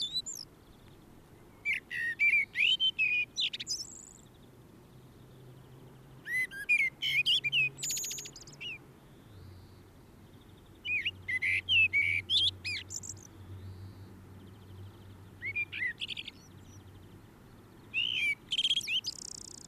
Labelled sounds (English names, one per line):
Common Blackbird song